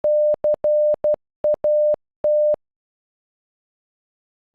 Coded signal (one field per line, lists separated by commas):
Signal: Morse code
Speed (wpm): 12 wpm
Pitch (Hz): 600 Hz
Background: none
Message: CAT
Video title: Cat in Morse code